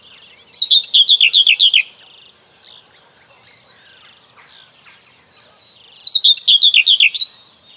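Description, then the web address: Common whitethroat singing two brisk, chattering phrases of rapid, slightly descending notes about five seconds apart, with soft twittering in between. "Kurs PTTK Kurs materiały 01 Przyroda Ptaki Cierniówka"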